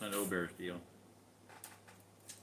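Someone talks briefly while handling the metal snap stud of a grounding cord against the snap of a conductive gel electrode patch, and a few faint handling taps follow in the quiet. Nothing has seated or clicked yet.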